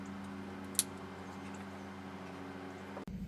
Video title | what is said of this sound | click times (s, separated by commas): Installing an Autostop Eliminator harness in a 2024 GMC Sierra 1500 AT4 with full video review | so the new harness when it goes into place it has a nice solid click when it goes in you'll hear it and feel it | 0.8 s